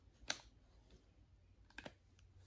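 A replacement ear cushion on a plastic ring, for an Eartec Ultralite headset, is lined up by its notches on the ear cup and pushed in. This gives a sharp tap near 0.3 s and a quick cluster of small clicks around 1.7–1.9 s. Nothing has seated or clicked into place yet, because the clip ends before the twist locks it.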